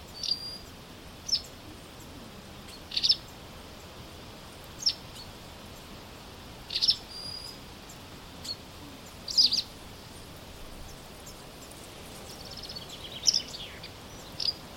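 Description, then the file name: White wagtail calling with sharp, high chirps at irregular intervals, against a quiet hissing background. "vastarakki"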